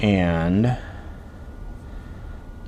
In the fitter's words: it doesn't latch